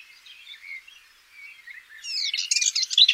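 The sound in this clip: Eastern subalpine warbler song: soft scratchy warbling at first, then a louder burst of rapid dry chattering notes at high pitch.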